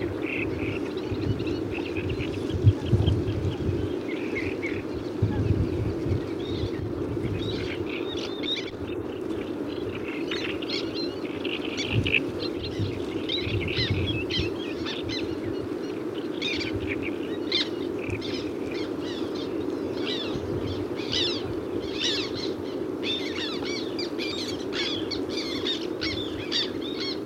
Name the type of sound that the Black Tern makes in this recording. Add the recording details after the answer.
call. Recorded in the wild. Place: Dassow, Mecklenburg-Vorpommern, DE. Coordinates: 53.963, 10.938. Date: 1980-05-26. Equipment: Nagra III BH, Sennheiser MD 21, parabola. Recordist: Schubert, Michael